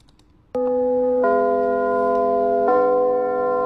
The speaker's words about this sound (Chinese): 每当首都剧场的启幕钟声敲响，戏剧的神圣感就会充满舞台。